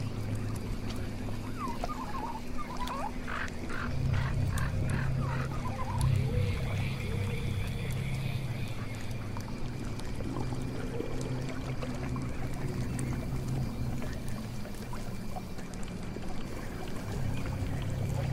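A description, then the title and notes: Swamp ambience with a steady low hum and trickling water, plus a burst of rapid croaking calls around four to seven seconds. Witch's swamp house asmr Ambience. Swamp ambience.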